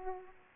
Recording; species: mosquito wingbeat signal from an infrared sensor; Aedes aegypti